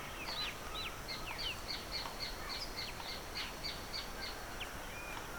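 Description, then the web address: Birdsong from several birds: a rapid series of high, thin chirps repeated evenly, mixed with looping warbled notes from other birds under a constant background hiss. Evening birdsong recorded in the Pantanal swamp, rural South America. "The BBC Sound Effects Library - Complete 60 CDs Collection Sound Effects Library- (Rural South America) Evening Birdsong, Pantanal Swamp"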